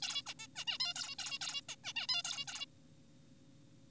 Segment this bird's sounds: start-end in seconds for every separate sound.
0.02-0.22, 0.27-0.34, 0.40-0.47, 0.56-0.65, 0.68-0.78, 0.80-0.94, 0.96-1.16, 1.19-1.39, 1.42-1.61, 1.69-1.75, 1.84-1.93, 1.96-2.07, 2.09-2.23, 2.25-2.45, 2.48-2.65